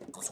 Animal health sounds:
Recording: pig call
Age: piglet (1 to 25 days)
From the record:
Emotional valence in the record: negative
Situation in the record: long isolation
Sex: female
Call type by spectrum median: high-frequency call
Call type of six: mixed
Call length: 0.32 s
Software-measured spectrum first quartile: 943 Hz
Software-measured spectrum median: 6106 Hz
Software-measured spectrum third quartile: 7933 Hz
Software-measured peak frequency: 7771 Hz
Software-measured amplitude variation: 285 dB a second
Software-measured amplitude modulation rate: 12.7 a second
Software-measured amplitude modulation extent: 22.4 dB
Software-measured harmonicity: 4.5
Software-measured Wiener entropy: -3.40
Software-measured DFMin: 742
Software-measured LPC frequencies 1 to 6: 1892, 3755, 5636, 6540, 7718, 8333 Hz

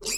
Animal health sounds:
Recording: pig call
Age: weaner (32 to 43 days)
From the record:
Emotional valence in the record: negative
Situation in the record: short isolation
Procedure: open field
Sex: female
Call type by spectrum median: high-frequency call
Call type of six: high-frequency stable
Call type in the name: high-frequency stable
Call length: 0.18 s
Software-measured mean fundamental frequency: 268 Hz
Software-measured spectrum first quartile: 3291 Hz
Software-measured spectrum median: 5620 Hz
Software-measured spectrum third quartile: 7624 Hz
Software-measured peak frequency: 7420 Hz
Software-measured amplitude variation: 124 dB a second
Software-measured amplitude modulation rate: 16.4 a second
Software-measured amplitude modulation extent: 7.6 dB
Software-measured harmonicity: 3.8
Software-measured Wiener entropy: -2.64

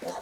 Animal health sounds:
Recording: pig call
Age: piglet (1 to 25 days)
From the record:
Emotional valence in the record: negative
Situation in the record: missed nursing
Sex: male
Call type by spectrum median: low-frequency call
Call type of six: mixed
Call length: 0.21 s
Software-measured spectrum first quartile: 534 Hz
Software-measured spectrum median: 814 Hz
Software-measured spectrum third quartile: 1999 Hz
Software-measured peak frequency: 514 Hz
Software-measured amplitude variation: 126 dB a second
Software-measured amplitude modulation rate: 21.1 a second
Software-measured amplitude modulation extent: 6.0 dB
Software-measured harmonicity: 2.5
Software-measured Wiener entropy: -1.55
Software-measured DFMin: 867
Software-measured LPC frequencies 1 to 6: 620, 1840, 2821, 4084, 5992, 6765 Hz

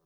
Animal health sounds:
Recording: pig call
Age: piglet (1 to 25 days)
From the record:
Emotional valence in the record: positive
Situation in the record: reunion after long isolation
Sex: male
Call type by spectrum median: low-frequency call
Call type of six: low-frequency tonal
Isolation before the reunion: 8 minutes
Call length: 0.06 s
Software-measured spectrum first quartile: 341 Hz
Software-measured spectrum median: 1025 Hz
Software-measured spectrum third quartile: 6754 Hz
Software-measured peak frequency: 398 Hz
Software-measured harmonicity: 5.9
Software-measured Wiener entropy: -3.23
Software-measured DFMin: 921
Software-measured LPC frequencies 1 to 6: 455, 1163, 4166, 5232, 6038, 6882 Hz

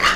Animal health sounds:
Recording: pig call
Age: piglet (1 to 25 days)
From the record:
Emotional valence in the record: positive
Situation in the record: reunion after long isolation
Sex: female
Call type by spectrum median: low-frequency call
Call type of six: low-frequency tonal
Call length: 0.16 s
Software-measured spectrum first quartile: 1258 Hz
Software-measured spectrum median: 1854 Hz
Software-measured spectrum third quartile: 2852 Hz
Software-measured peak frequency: 1231 Hz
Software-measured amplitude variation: 95 dB a second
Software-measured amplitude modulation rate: 15.3 a second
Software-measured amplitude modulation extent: 6.2 dB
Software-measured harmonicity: 0.1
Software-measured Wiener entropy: -1.23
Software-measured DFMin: 776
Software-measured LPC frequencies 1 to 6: 1221, 1953, 2867, 3620, 4487, 5048 Hz

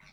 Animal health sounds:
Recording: pig call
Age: piglet (1 to 25 days)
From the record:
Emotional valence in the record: positive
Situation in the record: reunion after long isolation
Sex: female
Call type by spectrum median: low-frequency call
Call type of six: low-frequency tonal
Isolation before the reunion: 8 minutes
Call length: 0.13 s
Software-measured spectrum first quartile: 528 Hz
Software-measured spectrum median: 1796 Hz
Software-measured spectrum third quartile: 2821 Hz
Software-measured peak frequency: 2325 Hz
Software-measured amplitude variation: 76 dB a second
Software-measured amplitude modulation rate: 19.5 a second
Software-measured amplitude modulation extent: 3.9 dB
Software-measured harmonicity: 1.6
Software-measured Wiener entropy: -0.83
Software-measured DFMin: 698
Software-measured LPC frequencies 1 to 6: 1322, 2189, 3685, 4269, 5199, 5729 Hz

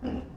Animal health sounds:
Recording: pig call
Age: growing-finishing pig (85 days or more)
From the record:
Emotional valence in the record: negative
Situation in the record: barren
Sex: female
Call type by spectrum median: low-frequency call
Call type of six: low-frequency stable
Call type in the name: low-frequency stable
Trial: 1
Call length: 0.37 s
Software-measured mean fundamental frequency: 46 Hz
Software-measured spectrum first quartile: 178 Hz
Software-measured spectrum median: 276 Hz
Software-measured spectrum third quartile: 499 Hz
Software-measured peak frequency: 252 Hz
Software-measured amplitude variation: 149 dB a second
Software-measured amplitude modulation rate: 20.1 a second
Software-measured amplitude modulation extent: 7.4 dB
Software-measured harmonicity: 1.1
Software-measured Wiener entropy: -0.19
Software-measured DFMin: 1402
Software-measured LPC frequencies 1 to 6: 277, 1638, 2885, 3849, 4945, 6148 Hz

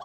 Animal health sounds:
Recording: pig call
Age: piglet (1 to 25 days)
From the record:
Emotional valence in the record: negative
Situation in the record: short isolation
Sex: female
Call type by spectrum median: low-frequency call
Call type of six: low-frequency tonal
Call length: 0.05 s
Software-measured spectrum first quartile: 722 Hz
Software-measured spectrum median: 948 Hz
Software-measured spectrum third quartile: 1365 Hz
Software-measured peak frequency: 708 Hz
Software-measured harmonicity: 4.9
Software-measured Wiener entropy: -1.36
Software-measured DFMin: 1192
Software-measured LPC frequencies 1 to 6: 728, 1117, 3329, 4348, 5640, 6579 Hz

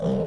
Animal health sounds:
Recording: pig call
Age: piglet (1 to 25 days)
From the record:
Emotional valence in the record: negative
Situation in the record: long isolation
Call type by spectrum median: low-frequency call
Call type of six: low-frequency modulated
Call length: 0.28 s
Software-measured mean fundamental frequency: 61 Hz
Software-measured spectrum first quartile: 181 Hz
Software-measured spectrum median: 332 Hz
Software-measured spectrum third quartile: 523 Hz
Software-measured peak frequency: 175 Hz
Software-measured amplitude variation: 81 dB a second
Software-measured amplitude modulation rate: 30.8 a second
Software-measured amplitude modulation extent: 2.6 dB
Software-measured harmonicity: 3.2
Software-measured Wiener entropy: -0.58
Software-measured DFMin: 994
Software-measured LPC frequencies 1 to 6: 514, 3123, 5709, 7278, 8406, 9215 Hz

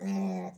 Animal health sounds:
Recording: pig call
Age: piglet (1 to 25 days)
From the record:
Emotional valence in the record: negative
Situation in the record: long isolation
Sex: female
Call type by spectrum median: low-frequency call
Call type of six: low-frequency stable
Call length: 0.58 s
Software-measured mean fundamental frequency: 94 Hz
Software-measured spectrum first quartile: 193 Hz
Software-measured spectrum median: 271 Hz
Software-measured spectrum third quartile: 718 Hz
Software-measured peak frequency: 193 Hz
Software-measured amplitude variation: 72 dB a second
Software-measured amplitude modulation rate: 16.3 a second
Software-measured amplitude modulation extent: 4.4 dB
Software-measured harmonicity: 9.5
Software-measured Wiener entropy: -0.77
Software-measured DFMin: 946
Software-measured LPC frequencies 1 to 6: 718, 2079, 2543, 3887, 4837, 5579 Hz

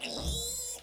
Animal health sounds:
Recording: pig call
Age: piglet (1 to 25 days)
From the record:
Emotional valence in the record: negative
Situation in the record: restrain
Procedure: sham castration, fixation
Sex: male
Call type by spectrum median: high-frequency call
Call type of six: mixed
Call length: 0.84 s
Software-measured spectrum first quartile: 792 Hz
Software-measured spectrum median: 3812 Hz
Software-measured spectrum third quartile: 6982 Hz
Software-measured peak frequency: 7644 Hz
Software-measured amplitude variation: 87 dB a second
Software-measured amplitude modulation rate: 22.1 a second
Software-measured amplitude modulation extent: 3.9 dB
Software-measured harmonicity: 6.3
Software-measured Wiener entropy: -2.38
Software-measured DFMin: 845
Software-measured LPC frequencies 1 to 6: 548, 2731, 3927, 5143, 5878, 7639 Hz

